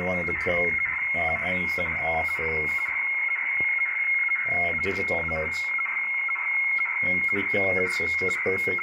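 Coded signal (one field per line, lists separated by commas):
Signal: weather fax (radiofax)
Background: speech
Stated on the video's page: Boston weather fax received on an XHDATA D808 with 3 kHz bandwidth, picked up acoustically without a cable by an Android tablet app.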